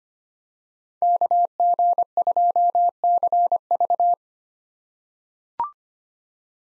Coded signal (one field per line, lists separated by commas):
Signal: Morse code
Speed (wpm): 25 wpm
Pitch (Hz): 700 Hz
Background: none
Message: KG2CV